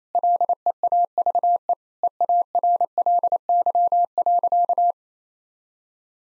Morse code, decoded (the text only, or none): LEAVE EARLY.